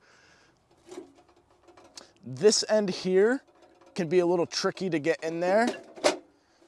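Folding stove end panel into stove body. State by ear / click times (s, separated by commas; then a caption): not seated / none. An end panel of a folding metal tent stove is being handled and worked toward its slot in the stove body. Light knocks and small metallic taps sound under someone talking. Nothing has seated or clicked yet.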